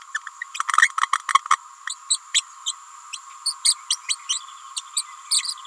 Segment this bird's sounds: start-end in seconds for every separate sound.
0.14-0.19, 0.26-0.28, 1.01-1.07, 1.50-1.57, 1.87-1.95, 2.10-2.18, 2.34-2.42, 2.66-2.74, 3.12-3.18, 3.45-3.54, 3.64-3.75, 3.90-3.98, 4.08-4.16, 4.29-4.40, 4.76-4.81, 4.96-5.03, 5.30-5.42